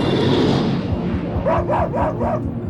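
Sled dogs of Amundsen's polar expedition bark in a quick run of four sharp, evenly spaced yaps, rising out of a busy, steady background of lower barking and noise that fills the whole stretch.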